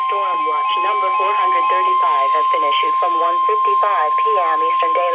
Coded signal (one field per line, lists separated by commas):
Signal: Emergency Alert System (SAME) tones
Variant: 1050 Hz attention tone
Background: speech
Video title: NOAA - Severe Thunderstorm Watch #435 (EAS #930 - 931)